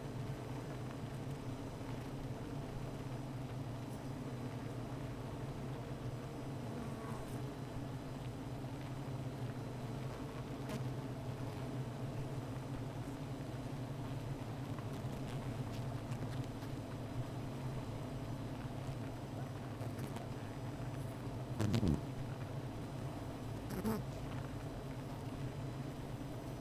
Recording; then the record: honeybee colony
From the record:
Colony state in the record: missing queen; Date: 14 July 2017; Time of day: 15:32